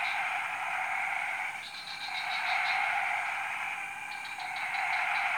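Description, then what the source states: Frog chorus, a steady wall of croaking with two runs of rapid pulsed notes rising out of it. Frog chorus recorded at 03:00 on Tuesday 14 February 2017, Jalan Kolonel Sugiono No. 9, Kuala Kapuas, Central Kalimantan, Indonesia.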